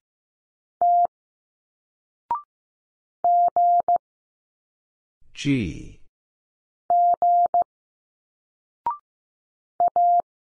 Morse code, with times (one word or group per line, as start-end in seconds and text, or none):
0.8-1.1 T
3.2-4.0 G
6.9-7.6 G
9.8-10.2 A